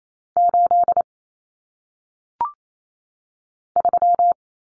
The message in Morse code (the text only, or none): 8 3